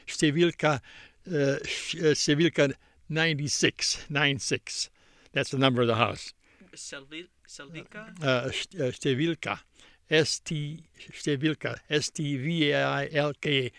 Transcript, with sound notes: Stvilka, Stvilka ninety six, nine-six. That's the number of the house.
(mispronouncing) Selvika, selv...?
Stvilka, S-T, stvilka, S-T-V-I-L-K-A.